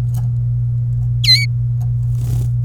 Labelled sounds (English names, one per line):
Domestic Canary song